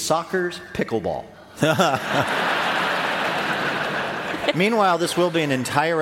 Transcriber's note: laughter